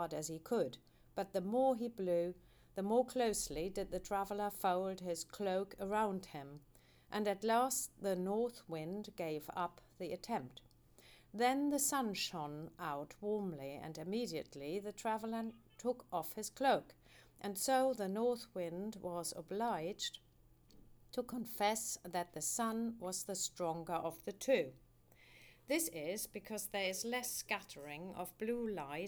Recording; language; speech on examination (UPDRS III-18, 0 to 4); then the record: text read into a phone; English; 0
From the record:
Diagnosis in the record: healthy control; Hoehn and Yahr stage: 0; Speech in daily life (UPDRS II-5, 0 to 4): 0